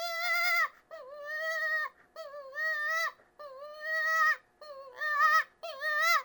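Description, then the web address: Cottontail rabbit giving harsh, wavering squeals, each about half a second to a second long, repeated about once a second with brief gaps. Distress call. "Rabbit 062-Cottontail. Distress"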